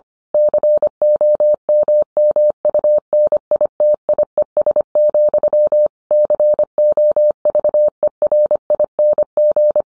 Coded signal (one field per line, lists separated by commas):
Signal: Morse code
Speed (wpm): 25 wpm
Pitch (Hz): 600 Hz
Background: none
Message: COMMUNITIES, COVERING